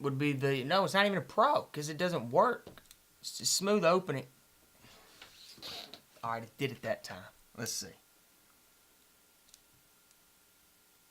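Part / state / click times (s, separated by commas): folding knife blade into its liner lock / seated / 9.5 s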